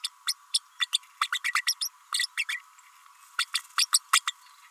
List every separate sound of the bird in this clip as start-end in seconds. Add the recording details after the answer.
0.03-0.08, 0.27-0.33, 0.54-0.59, 0.80-0.87, 0.93-0.98, 1.21-1.27, 1.32-1.38, 1.44-1.53, 1.67-1.74, 1.80-1.89, 2.13-2.26, 2.37-2.44, 2.48-2.60, 3.38-3.45, 3.54-3.60, 3.77-3.86, 3.92-3.98, 4.12-4.20, 4.27-4.31. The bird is a female. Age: 32 days. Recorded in a nest box in Venezuela. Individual 17B32A5